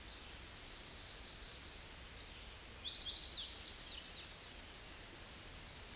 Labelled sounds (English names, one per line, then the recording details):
Chestnut-sided Warbler song
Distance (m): 20 m
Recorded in a Pennsylvania forest on 18 May 2023 at 07:57
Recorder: AudioMoth, point grid1_41_low
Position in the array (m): 105 m, 214 m